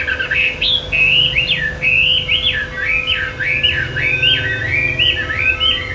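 Bird song of continuous zigzagging whistled notes, rising and dropping in an even, rhythmic chain, with a low background hum.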